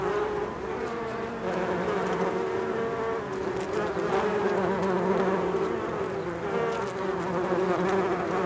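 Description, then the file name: Bees buzzing steadily, a dense hum of many overlapping wingbeat tones with pitches drifting up and down, no other sounds clear. "benboncan bees"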